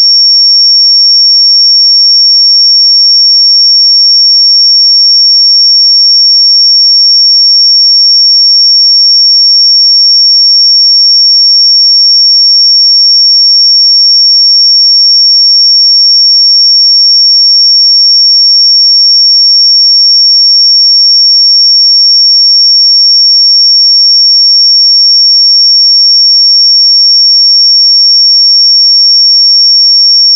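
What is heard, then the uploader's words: A pure sine tone at 5502 Hz holds perfectly steady for the full thirty seconds, a single thin, piercing high whistle. Its loudness never changes, and nothing else sounds behind it, with no pulses, breaks or background noise. 5502 Hz 1 Hz Interval Sine Pure Tone Frequency 441000 Sample Mono.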